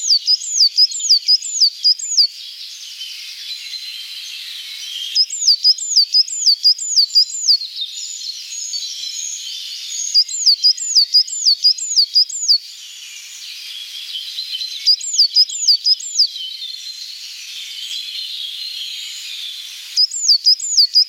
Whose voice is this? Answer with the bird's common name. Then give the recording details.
Coal Tit. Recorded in the wild. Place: Kandel /Schwarzwald; Gemeinde Waldkirch, Baden-Württemberg, DE. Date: 1977-06-12. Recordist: Schwarz, Dieter